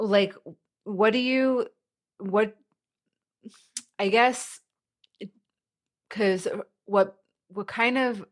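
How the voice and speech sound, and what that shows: A woman who stutters speaks in short fragments: "like," "what do you," "what," "I guess," "'cause," "what kind of." Silent gaps of up to about 1.5 seconds separate repeated restarts. These are stuttering blocks, in which she gets stuck and cannot get her words out at all.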